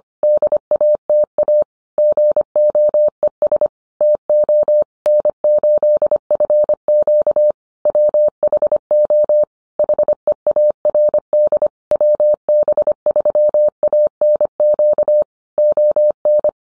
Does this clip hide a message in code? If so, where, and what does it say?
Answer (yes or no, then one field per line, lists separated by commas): yes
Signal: Morse code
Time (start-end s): 0.2-16.5 s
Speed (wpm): 25 wpm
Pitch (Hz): 600 Hz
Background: none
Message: DATA GOES TO N8FQ WHO HEARD WB3ANQ ON